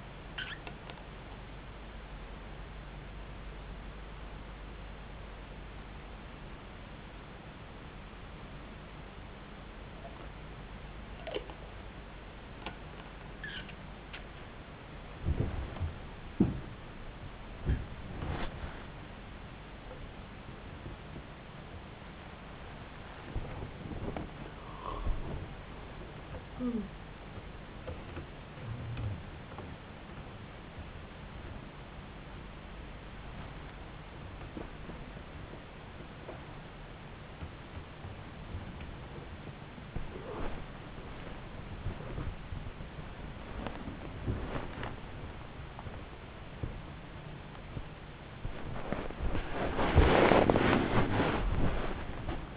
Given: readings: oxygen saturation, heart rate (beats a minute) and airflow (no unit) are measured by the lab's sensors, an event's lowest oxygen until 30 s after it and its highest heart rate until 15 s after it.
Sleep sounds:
a person awake in a sleep study, by a voice recorder at the bedside; none
0.00-52.57 s: awake
From the record:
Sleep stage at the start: awake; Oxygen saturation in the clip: 93 to 96%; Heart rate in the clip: 68 to 96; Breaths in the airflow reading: 16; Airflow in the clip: -7.5 to 10.5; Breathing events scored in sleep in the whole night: 270 in 6.1 hours asleep

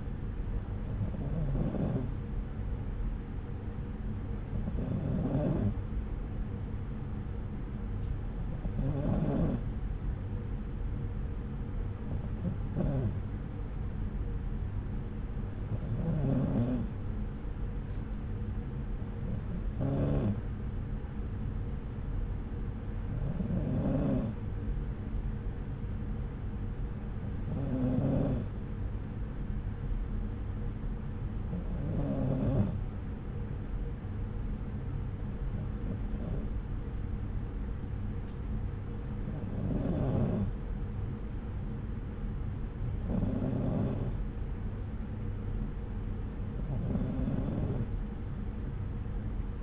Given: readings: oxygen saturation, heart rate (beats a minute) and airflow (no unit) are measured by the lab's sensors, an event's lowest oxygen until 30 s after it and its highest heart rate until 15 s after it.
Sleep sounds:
breathing in sleep by a smartphone at the bedside; none
none scored
From the record:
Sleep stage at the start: N2 (light sleep); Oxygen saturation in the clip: 93 to 94%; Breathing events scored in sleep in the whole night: 303 in 8.1 hours asleep

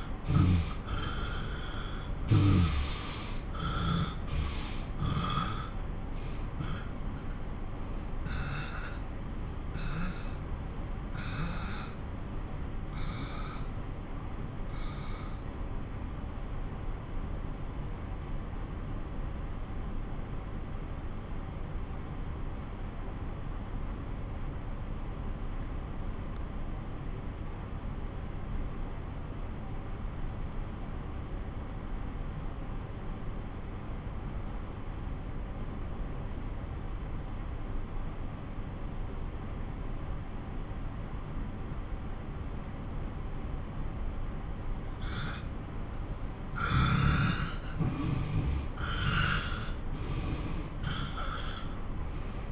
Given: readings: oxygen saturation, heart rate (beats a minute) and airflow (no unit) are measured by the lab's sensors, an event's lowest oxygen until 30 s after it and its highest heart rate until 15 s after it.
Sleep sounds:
breathing in sleep by a smartphone at the bedside; 1
6.00-46.40 s: obstructive apnea (N2, oxygen 94% highest, then 88% lowest)
35.00-52.52 s: new sleep stage, N1 (lightest sleep)
From the record:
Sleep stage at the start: N2 (light sleep); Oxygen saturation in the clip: 86 to 94%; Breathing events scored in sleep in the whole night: 217 in 6.3 hours asleep

